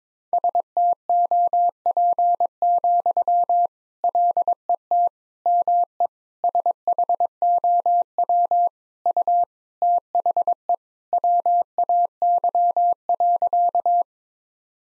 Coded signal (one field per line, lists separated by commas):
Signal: Morse code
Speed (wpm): 22 wpm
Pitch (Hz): 700 Hz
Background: none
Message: STOP, LET ME SHOW U THE WAY.